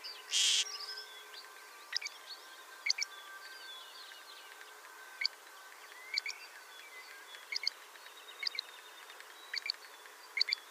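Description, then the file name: Great grey shrike calls: short, sharp double notes repeated at irregular intervals after a brief loud burst of noise at the start, with a faint steady hum behind. "Averla Maggiore"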